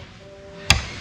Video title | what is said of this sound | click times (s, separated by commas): #IdiotsGuide 🛩 Pt2 Rotax 912 Gearbox Drive Gear & Torque Wrench Issues REBUILD Sparkles v2.0 | Hear a click. | 0.7 s